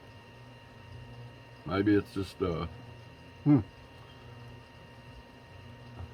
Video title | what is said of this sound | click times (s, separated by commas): NEW BAITS FROM Z-MAN, GOOGAN, BERKLEY AND MORE! | it not snap in? | none